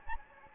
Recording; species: mosquito wingbeat signal from an infrared sensor; Anopheles gambiae